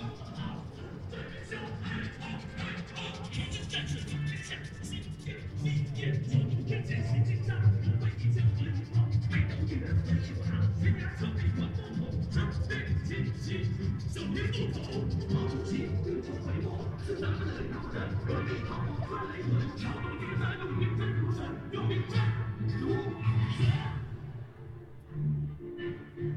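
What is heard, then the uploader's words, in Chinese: A steady crowd murmur at Hongyadong in Chongqing, with many voices overlapping into a dense babble over a low, continuous hum. Short clicks and knocks pop up throughout, and the whole scene stays even in loudness before easing slightly near the end. 重庆洪崖洞。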